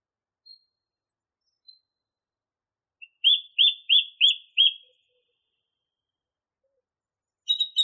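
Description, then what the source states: Song thrush singing five loud, evenly spaced repeated notes after a couple of faint high notes, with a short phrase starting at the close. Masteran recording made for training songbirds.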